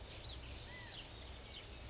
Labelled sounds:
California Quail (Callipepla californica)

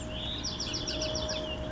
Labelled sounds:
Bewick's Wren (Thryomanes bewickii)

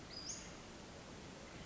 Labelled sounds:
Western Flycatcher (Empidonax difficilis)

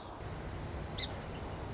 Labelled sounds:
Song Sparrow (Melospiza melodia)

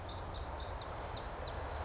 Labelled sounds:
Pacific Wren (Troglodytes pacificus)

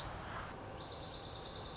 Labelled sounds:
Dark-eyed Junco (Junco hyemalis)

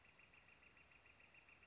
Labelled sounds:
Northern Flicker (Colaptes auratus)

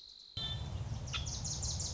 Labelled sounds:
Wilson's Warbler (Cardellina pusilla)

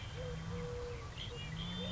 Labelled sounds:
Eurasian Collared Dove (Streptopelia decaocto)

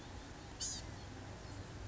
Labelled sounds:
Blue-gray Gnatcatcher (Polioptila caerulea)

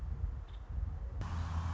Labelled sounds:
Nuttall's Woodpecker (Dryobates nuttallii)

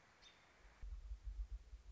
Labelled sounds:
American Robin (Turdus migratorius)

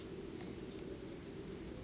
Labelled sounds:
Blue-gray Gnatcatcher (Polioptila caerulea)

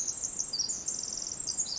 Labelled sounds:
Pacific Wren (Troglodytes pacificus)

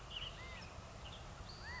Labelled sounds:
California Quail (Callipepla californica)

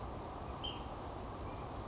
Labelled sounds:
Ash-throated Flycatcher (Myiarchus cinerascens)

